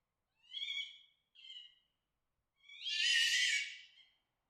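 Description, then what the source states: Fox screams: two short harsh wails, then a longer, louder, raspy scream, separated by silence. Mating call.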